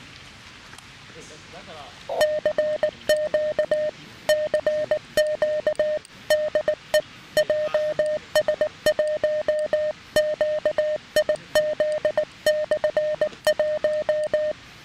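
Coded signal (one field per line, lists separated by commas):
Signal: Morse code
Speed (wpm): 19 wpm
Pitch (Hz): 610 Hz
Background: speech, music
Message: CQ CQ DE JS1QIZ/1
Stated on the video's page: Weak 5 W CW with an SW-3B transceiver and paddle from a backpacking camp on the 7 and 10 MHz bands, using a lightweight 5 m wire antenna.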